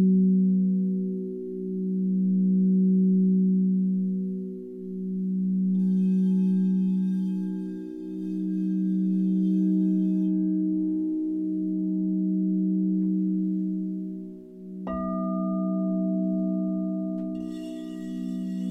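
Singing bowls ring in a long, steady hum with a low fundamental and bright overtones above, swelling and dipping in slow pulses every few seconds. Around the six-second mark a fresh tone adds shimmer, and near fifteen seconds another bowl is struck, adding a higher ringing note.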